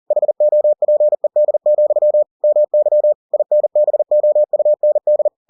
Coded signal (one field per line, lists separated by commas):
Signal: Morse code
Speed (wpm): 40 wpm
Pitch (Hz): 600 Hz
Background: none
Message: HOPED, MY INBOUND